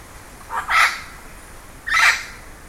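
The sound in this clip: Bird giving two harsh, rasping calls just over a second apart, the first preceded by a short softer note, over a quiet hiss.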